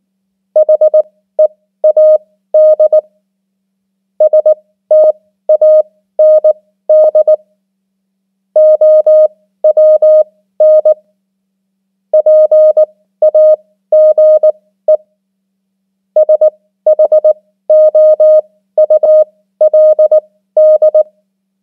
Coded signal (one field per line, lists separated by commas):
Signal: Morse code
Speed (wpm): 19 wpm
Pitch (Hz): 620 Hz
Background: music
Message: HEAD STAND OWN PAGE SHOULD